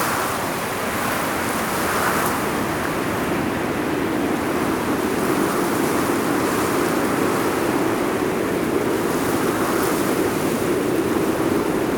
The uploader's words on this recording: NepalMountainwind. Slow treking in the Himalyas.